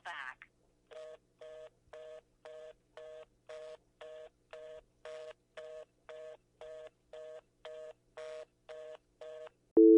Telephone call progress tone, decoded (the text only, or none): reorder tone